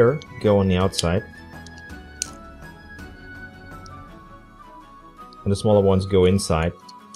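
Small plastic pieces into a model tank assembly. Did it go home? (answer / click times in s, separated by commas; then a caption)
no / none. Someone talks over background music while small plastic pieces are handled and placed into a model tank assembly. A faint tick comes at about 1.7 s and a sharp tick at 2.2 s. Nothing has seated or clicked into place yet.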